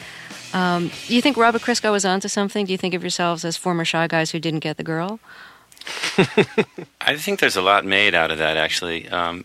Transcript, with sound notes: Do you think Robert Christgau was onto something? Do you think of yourselves as former shy guys who didn't get the girl?
(Laughter) I think there's a lot made out of that, actually.